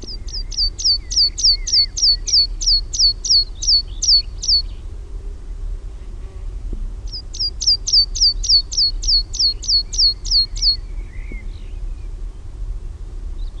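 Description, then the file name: Meadow pipit song in two bursts, each a quick chain of thin, high, falling notes lasting several seconds, separated by a pause of a few seconds, with low background hum. Own recording, Finland. "NIITTYKIRVINEN"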